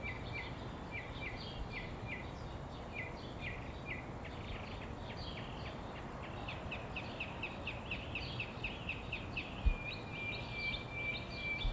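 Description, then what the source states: Birds chirping: a long string of quick, repeated chirps, with a thin drawn-out whistle near the end and a couple of soft knocks. Birds at summer dawn in Phoenix, Arizona, USA.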